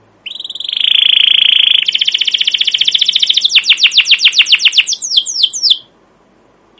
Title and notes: CUIT CUIT NGEROL LANGSUNG GACOR PANJANG Kenari Ini AMPUH Utk Pancingan KENAR. PANCINGAN Kenari GACOR PANJANG Cuit CUIT EMOSI ini AMPUH utk MASTERAN Kenari PAUD belajar BUNYI. burung kenari